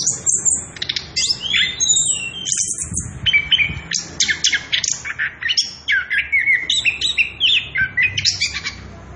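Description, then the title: Orange-headed thrush song: fast, rolling sequence of clear high whistles, downslurred notes and short trills, barely pausing, with soft low rumble beneath. Continuous rolling ngerol song at loud volume, used as a lure to provoke other birds and as a tutor song for young birds. "Anis Kembang Gacor. pancingan anis kembang ngerol edan volume dasyattt cocok buat masteran trotolan"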